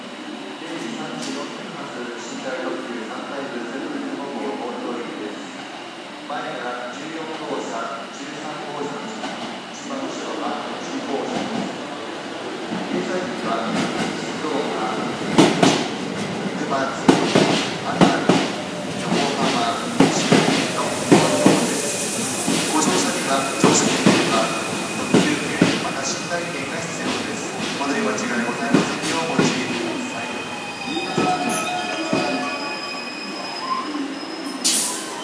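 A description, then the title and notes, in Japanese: Boarding the Sunrise train bound for Tokyo from Osaka Station: people talk steadily over a low rumble of rail noise. From about fifteen seconds, sharp clanks and knocks come more often, with a hissing burst around twenty-two seconds and a faint steady tone near the end. サンライズ乗車（大阪駅より）。大阪駅から東京行きの「サンライズ」へ乗ったときの動画です。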